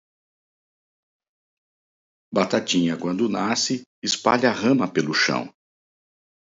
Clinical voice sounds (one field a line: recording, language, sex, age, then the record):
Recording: short text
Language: Brazilian Portuguese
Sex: male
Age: 50 to 59 years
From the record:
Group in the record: control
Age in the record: 55 years